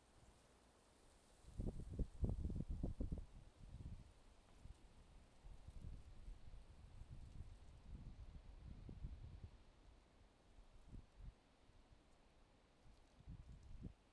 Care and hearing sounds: everyday scene through a hearing-aid microphone; wind on the microphone; wind, traffic, birds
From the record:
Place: suburban garden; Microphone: in the ear canal, left

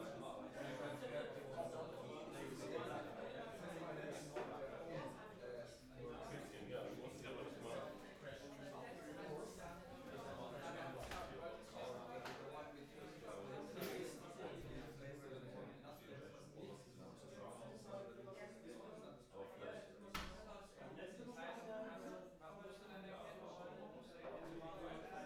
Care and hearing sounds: everyday scene through a hearing-aid microphone; many people talking; many voices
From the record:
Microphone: behind the ear, right, front

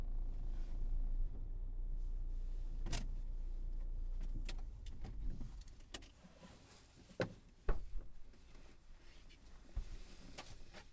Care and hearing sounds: everyday scene through a hearing-aid microphone; in a vehicle; other noises, engine stopping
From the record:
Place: Berlingo II, diesel engine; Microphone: behind the ear, left, front

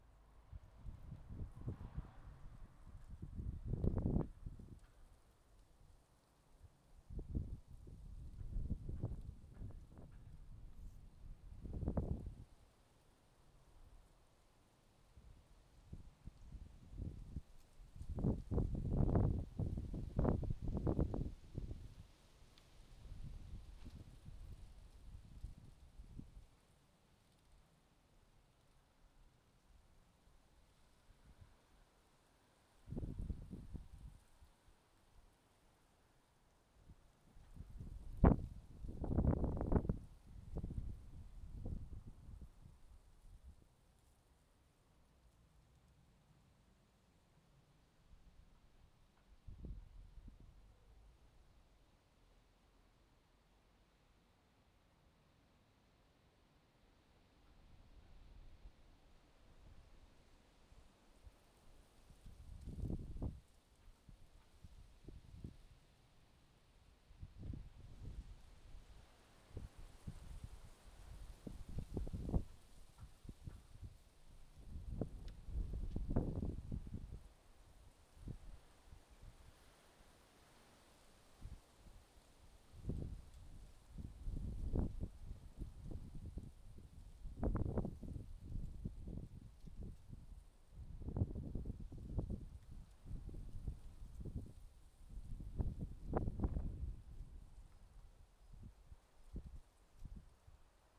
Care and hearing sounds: everyday scene through a hearing-aid microphone; wind on the microphone; wind, traffic, birds, plane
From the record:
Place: suburban garden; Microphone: in the ear canal, left

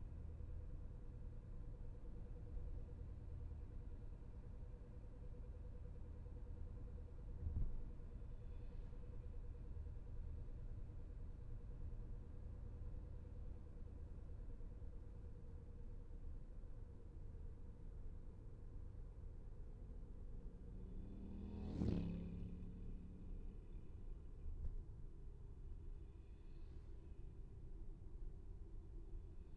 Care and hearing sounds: everyday scene through a hearing-aid microphone; in a vehicle; engine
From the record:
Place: VW T5 Caravelle, diesel engine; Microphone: behind the ear, left, front

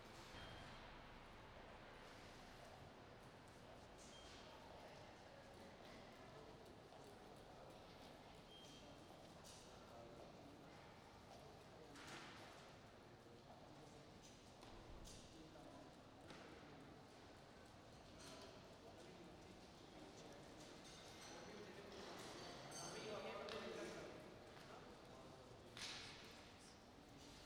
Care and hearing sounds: everyday scene through a hearing-aid microphone; reverberant space; background noise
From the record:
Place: railway station hall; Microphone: in the ear canal, right

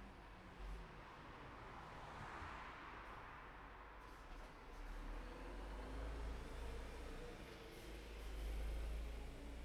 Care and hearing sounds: everyday scene through a hearing-aid microphone; in traffic; traffic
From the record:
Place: city secondary road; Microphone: behind the ear, right, rear

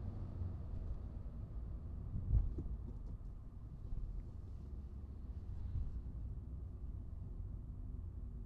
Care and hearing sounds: everyday scene through a hearing-aid microphone; in a vehicle; engine, rumble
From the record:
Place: Skoda Fabia, gasoline engine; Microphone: in the ear canal, right

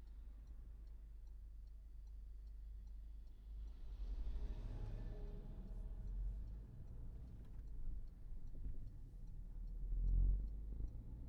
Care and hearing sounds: everyday scene through a hearing-aid microphone; in a vehicle; engine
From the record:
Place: Berlingo II, diesel engine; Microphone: behind the ear, right, rear

